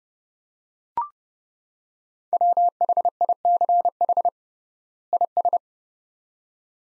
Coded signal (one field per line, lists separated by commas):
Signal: Morse code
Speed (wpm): 30 wpm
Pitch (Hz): 700 Hz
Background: none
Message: WHICH IS